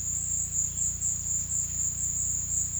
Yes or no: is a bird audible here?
no